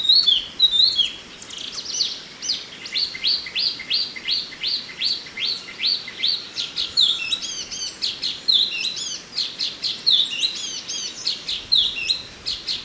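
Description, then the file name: Chinese hwamei song: a series of rapid repeated downward-sweeping notes, then mixed whistles and clipped chirps, continuous and energetic throughout. "suara alam hwamei"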